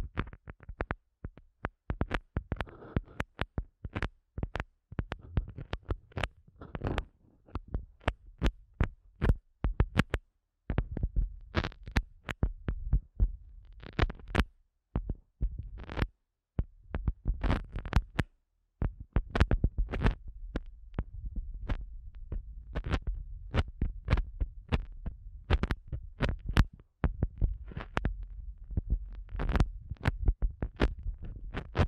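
An ASMR eardrum massage: rapid, irregular soft thumps and crackly taps press against the mic, packed densely over a low muffled rumble. The pattern runs throughout, broken by a few brief pauses near 10, 15, 18 and 27 seconds.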